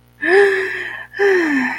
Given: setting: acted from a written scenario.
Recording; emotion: vocal sound without words; contentment